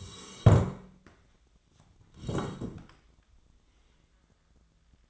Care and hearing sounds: daily activity, microphone in the room; sit down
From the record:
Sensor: 3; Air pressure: 1012.2 hPa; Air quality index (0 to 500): 174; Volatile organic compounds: 3 ppm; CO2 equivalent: 1338 ppm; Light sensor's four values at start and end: 63/158/70/76 and 108/232/113/127

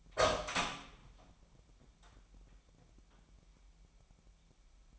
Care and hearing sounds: daily activity, microphone in the room; open door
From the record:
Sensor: 1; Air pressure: 998.5 hPa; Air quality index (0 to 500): 127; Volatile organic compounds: 3 ppm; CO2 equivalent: 1523 ppm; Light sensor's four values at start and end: 17/51/21/22 and 17/52/21/23

